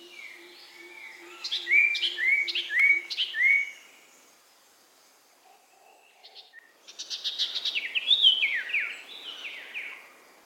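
Oriental magpie-robin giving a quick series of bright upslurred whistles, a short gap, then a busy chattering phrase of scratchy and sweet notes mixed together.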